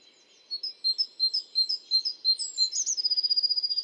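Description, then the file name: Great tit giving a quick run of high repeated notes that ends in a rapid, even trill. "Parus major"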